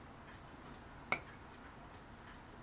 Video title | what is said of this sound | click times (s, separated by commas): The Model Ship - Part 2429 | You know, so that actually popped into place there. | 1.1 s